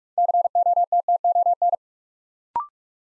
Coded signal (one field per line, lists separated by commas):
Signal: Morse code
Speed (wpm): 46 wpm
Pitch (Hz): 700 Hz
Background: none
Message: COTTON